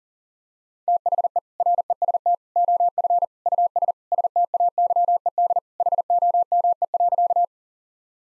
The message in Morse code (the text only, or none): THE REST OF US STAYED HOME.